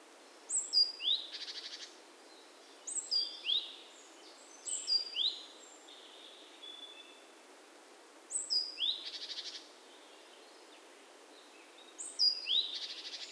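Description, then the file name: Great tit giving clusters of quick high notes with rasping buzzy bursts, at irregular intervals over a soft hiss. "Parus major"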